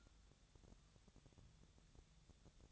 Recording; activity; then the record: daily activity, microphone in the room; take from stove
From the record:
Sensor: 3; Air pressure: 999.3 hPa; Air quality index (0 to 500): 197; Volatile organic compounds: 44 ppm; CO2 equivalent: 3208 ppm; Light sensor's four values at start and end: 7/17/7/7 and 7/17/7/7